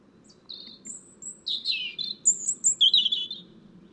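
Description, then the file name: European robin song with high whistled notes, a lower rich warble, and then more thin high notes. "Erithacus rubecula"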